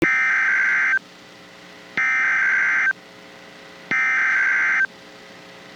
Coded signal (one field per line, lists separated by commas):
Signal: Emergency Alert System (SAME) tones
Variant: header bursts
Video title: Tornado Warning (Indian River and Brevard Counties, FL) (10/9/24) [EAS #81]